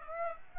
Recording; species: mosquito wingbeat signal from an infrared sensor; Aedes aegypti